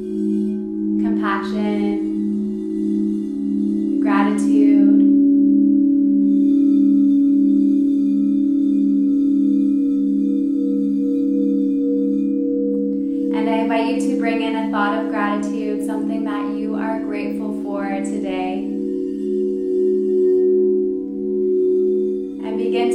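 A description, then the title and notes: Large crystal alchemy bowls ring in a steady, low, sustained drone with a slow pulsing beat running through the whole clip. Brief bursts of a voice break in around one and four seconds, then a longer stretch of speech from about thirteen to nineteen seconds. Alchemy bowls (large crystal bowls).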